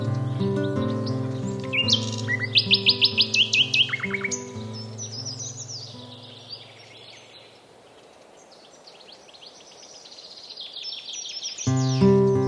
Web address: Spring Sounds of Nature. Pure Chirping Birds